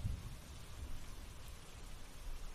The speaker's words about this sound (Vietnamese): Từ cái nón, nước mưa cứ thế mà nhỏ tong tỏng xuống. Những giọt nước mưa lạnh như nước đá rội vào trên người bà.